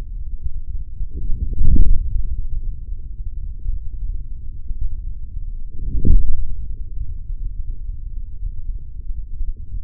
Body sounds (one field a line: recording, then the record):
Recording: forearm muscle sounds (acoustic myography)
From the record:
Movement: forearm pronation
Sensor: system 3, bracelet of six PUI Audio POM-2738L microphones around the upper forearm, with dedicated amplification and filtering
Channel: 1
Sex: male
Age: 56 years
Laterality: right